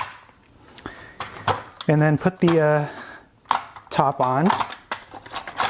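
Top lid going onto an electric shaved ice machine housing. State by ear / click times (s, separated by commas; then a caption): not seated / none. Someone talks while the top cover of a DOSHISHA electric shaved ice machine is handled and put on over the ice block in its housing, with a few short knocks and taps. Nothing has clicked or latched into place yet.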